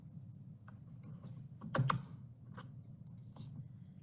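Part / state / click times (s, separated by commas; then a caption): convertible car seat released from its installed base via the removal tool / released / 1.9 s. A seat removal tool is pressed into the keyhole on a Chicco Fit360 convertible car seat base, giving a few faint ticks over a low steady hum before a heavy knock and a sharp, bright click at 1.9 s. The seat is then released from its installed base by squeezing the release handles and lifted off.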